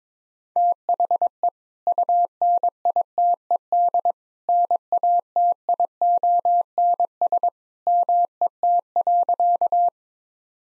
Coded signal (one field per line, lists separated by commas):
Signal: Morse code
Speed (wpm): 22 wpm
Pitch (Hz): 700 Hz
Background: none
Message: THE UNITED NATIONS MET.